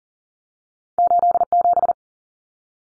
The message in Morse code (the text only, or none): 87